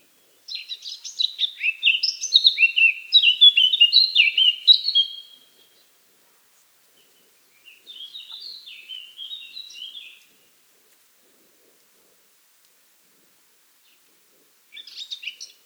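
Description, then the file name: Eurasian blackcap song: one rich, fast warbling burst of varied whistled and scratchy notes about five seconds long, then a softer phrase and a brief final fragment. "Sylvia atricapilla"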